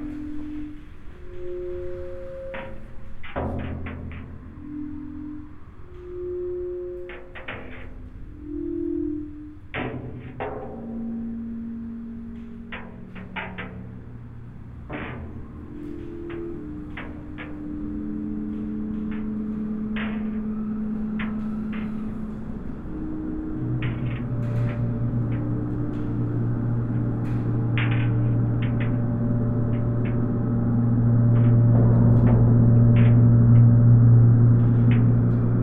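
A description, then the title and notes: A field recording of struck metallic tones, like gongs or singing bowls, with sharp taps scattered throughout. Early on, short ringing notes at shifting pitches come and go; from about 23 seconds a steady low hum swells and grows louder toward the end, with the taps continuing over it. Recordings I made mostly at my bush hut. Some in my inner-city studio. They were made with a pair of binaural microphones that are worn in the ears of the recordist.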